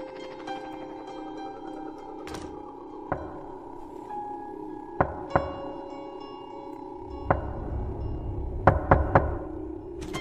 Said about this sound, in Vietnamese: Có tiếng người gõ cửa vang lên ở bên ngoài, kế đó là tiếng gọi yếu ớt.